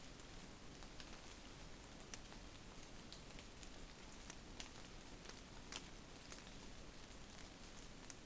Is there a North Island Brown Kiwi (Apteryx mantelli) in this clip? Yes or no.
no